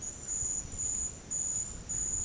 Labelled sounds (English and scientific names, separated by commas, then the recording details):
none
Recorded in dense forest near Puerto Asís, Putumayo, Colombia, on 29 June 2025 at 15:00
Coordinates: 0.503, -76.323
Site G059